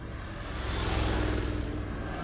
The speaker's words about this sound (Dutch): Er komen wat auto's aan. Ja. Motoren.